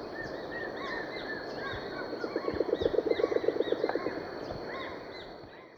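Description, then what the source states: Band-bellied owl calling in a fast, steady series of low pulsed hoots lasting under two seconds, while other birds chirp and whistle higher. Recorded in Ecuador.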